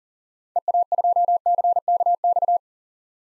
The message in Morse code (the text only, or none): EA2CKX